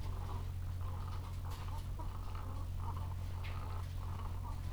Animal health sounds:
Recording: poultry house recording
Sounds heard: sick chickens (respiratory disease)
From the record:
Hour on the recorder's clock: 13

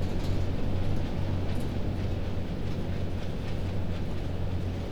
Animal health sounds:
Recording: poultry house recording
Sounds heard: no chicken sound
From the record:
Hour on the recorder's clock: 21

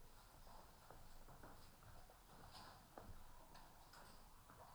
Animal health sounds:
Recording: poultry house recording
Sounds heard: healthy chickens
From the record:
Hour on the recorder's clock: 12

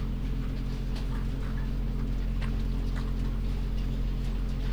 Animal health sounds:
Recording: poultry house recording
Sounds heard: sick chickens (respiratory disease)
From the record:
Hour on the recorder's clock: 3

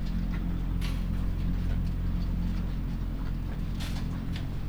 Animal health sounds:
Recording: poultry house recording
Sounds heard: sick chickens (respiratory disease)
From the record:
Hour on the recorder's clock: 21

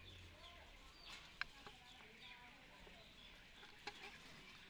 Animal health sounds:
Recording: poultry house recording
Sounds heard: healthy chickens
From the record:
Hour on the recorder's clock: 10

